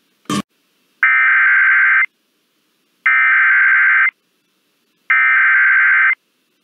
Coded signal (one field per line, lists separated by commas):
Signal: Emergency Alert System (SAME) tones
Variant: header bursts